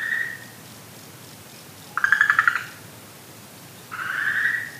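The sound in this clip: Okinawa green tree frog: a smooth call, then a burst of rapid rattling pulses, then another long, even tonal call.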